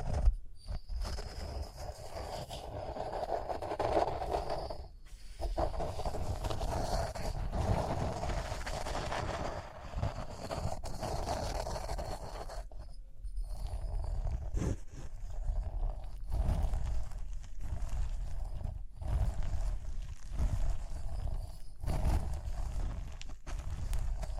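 Rhinestones are scratched and brushed in a steady, dense rasp, full of tiny rapid clicks and ticks. The rubbing runs almost continuously, broken by brief pauses near 5, 13, 15 and 19 seconds, with a low rumble underneath throughout.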